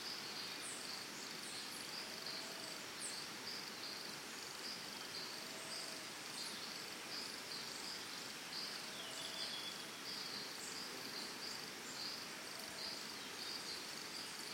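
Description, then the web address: Crickets chirping in a steady, high pulsing trill throughout, with short high bird chirps scattered above and a few soft lower whistles. Crickets with birds, early morning, Costa Rica, forest and jungle setting. "Big Room Sound Birds Crickets Costa Rica Early Morning 4"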